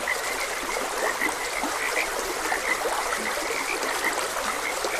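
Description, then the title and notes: Frogs giving short, bright croaks in a busy chorus, over the even rush of a stream. Frogs croaking beside a gentle stream. "Frogs Croaking. Sleep and Relaxation Podcast"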